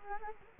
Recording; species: mosquito wingbeat signal from an infrared sensor; Culex quinquefasciatus